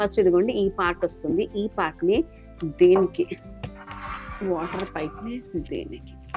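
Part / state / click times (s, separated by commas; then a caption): water inlet hose coupling into pressure washer inlet / not seated / none. A water inlet hose coupling is pushed onto the inlet of a pressure washer while someone talks over background music. Brief handling knocks are heard around 3.6 s and at the very end near 6.3 s. The clip ends just before the coupling goes home, so nothing has seated or locked yet.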